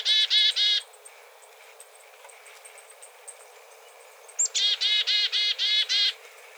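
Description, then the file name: Black-capped chickadee calling: a few harsh buzzy dee notes, a pause, then a high introductory note followed by a run of several buzzy dee notes. Call with seven dee notes, recorded on 23 March 2019. "2019-03-23 BCCH 7 deedees"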